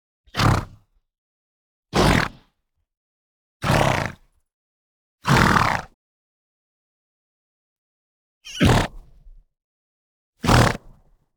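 Horse snorting: six sharp, breathy bursts of blown air, each under a second, mostly spaced every one and a half to two seconds but with a longer gap of about three seconds before the fifth, with silence between.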